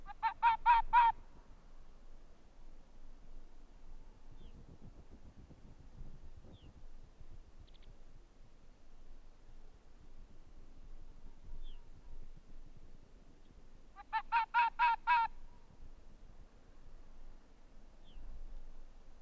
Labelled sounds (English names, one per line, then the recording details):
Arctic Fox
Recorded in the wild
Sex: male
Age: adult
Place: Insel Mednyi, Kommandeur-Inseln, RU
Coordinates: 54.5167, 168.083
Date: 1999-07-27 21:49
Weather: 12°C, kein Nebel, leichter Südwestwind, Sicht gut
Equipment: Sony WM-D6C, Sennheiser ME 80, K 30 AV, Windkorb, Kopie Tascam DA 30
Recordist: Jakupi, Antje